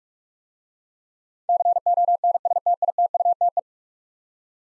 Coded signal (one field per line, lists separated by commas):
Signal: Morse code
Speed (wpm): 46 wpm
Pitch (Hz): 700 Hz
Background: none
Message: CONSTITUTE